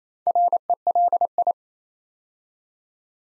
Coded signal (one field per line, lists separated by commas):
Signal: Morse code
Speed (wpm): 27 wpm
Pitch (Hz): 700 Hz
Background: none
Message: RELI